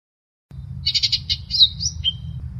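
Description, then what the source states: Long-tailed shrike singing a brief phrase: a quick run of chirping notes followed by a rising and falling whistled slur and a short flat whistle. Recording made for training cage birds (masteran); Indonesian local name cendet.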